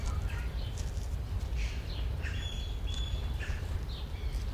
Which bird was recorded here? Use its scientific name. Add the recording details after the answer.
Syrigma sibilatrix. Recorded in captivity. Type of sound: call. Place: Zoo Berlin, Berlin, DE. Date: 1996-06-01 13:35. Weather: sonnig, 22°C. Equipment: Sony MD-WM MZ-R3, Sennheiser MKH 416 T, Kopie Uher 4000 Report Monitor. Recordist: Tembrock, Günter. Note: Lautfolge, durch Beobachter ausgelöst